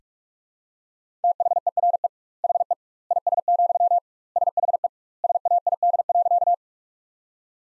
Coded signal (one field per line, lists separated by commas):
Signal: Morse code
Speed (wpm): 46 wpm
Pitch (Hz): 700 Hz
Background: none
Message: THERE HE IS, SHE SAID.